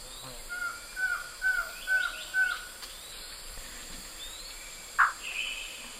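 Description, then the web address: White-shouldered antshrike song of five short whistled notes at an even pace, followed later by a sharp, louder sound, amid light background hiss. Eastern lowlands of South America. "Natures Songs S America Eastern Lowlands White-shouldered Antshrike"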